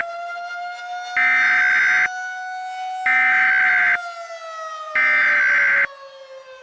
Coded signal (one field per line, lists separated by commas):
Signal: Emergency Alert System (SAME) tones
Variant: header bursts